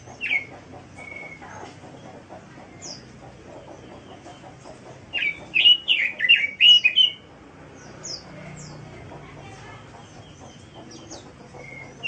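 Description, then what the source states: Bird with scattered thin high notes, then a loud two-second burst of rapid jumbled chirps midway, trailing off into sparse whistles. Masteran song style.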